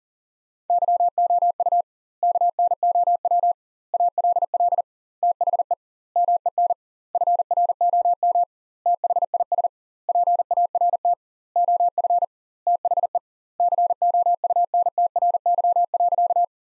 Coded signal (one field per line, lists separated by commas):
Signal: Morse code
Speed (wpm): 37 wpm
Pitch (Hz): 700 Hz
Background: none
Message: YOU KNOW ALL THE MEN FROM THIS PART OF THE COUNTRY.